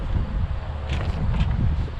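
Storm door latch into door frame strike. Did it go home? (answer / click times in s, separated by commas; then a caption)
no / none. An Andersen 2000 Series storm door is being handled as it closes toward the door frame strike so its latch can catch. A steady low rumble and wind-like noise fill the clip, with brief faint rustles near 1.0 and 1.4 seconds. The latch has not caught in the strike yet; nothing has seated or clicked.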